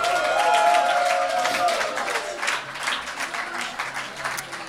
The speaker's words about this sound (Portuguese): Uma salva de palmas para o Luxemburgo, pessoal.